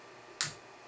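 A small torque wrench slipped over the compression nut of a tubing fitting is turned until it clicks at its setting. One sharp click is heard at 0.4 s against a quiet background, and the nut is tight, with no overtightening.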